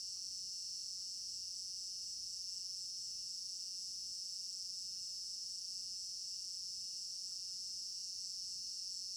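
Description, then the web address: Night cricket chorus, dense and shrill, steady throughout with a faint pulsing chirp layer and scattered tiny clicks. African village garden at night; stereo binaural recording. "African-Village Garden Night Crickets 03 Stereo-Binaural. immersive sound library"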